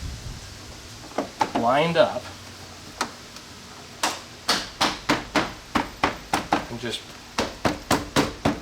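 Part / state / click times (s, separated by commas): plastic trim retaining clips into bumper/fender panel / seated / 7.4 s, 7.7 s, 7.9 s, 8.2 s, 8.4 s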